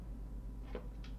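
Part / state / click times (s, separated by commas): rear body section of a folding instant camera locking open on its hinge / not seated / none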